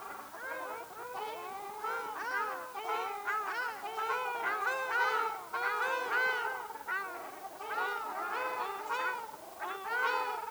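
Ruddy shelduck honking calls, a dense overlapping chorus of nasal, goose-like honks from several birds throughout.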